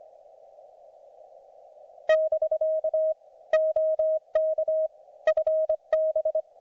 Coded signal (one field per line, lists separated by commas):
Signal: Morse code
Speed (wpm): 25 wpm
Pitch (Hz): 690 Hz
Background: none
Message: <BK> OK FB